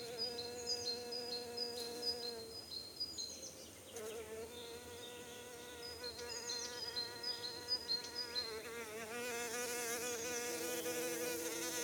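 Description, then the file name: Bee buzzing in a droning hum that wavers in pitch, with faint high repeated notes in the background. Near Cologne, Germany. "Bee sounds near Cologne, Germany - reinsamba"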